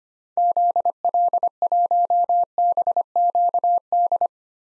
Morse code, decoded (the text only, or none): ZL1BQD